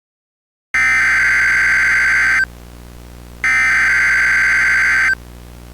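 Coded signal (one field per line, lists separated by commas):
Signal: Emergency Alert System (SAME) tones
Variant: header bursts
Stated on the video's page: Fictional April Fools EAS scenario, a made-up simulated alert.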